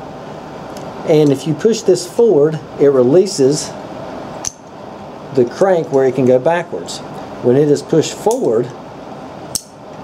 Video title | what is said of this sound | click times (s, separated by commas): Bean Outdoors Pick 2016 Stryker Katana Crossbow Package | hear that click and that clicking is what keeps it from going backwards | 9.6 s